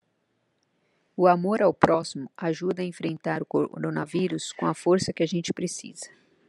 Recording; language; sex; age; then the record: spoken sentence; Brazilian Portuguese; female; 50 to 59 years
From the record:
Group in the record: control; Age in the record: 51 years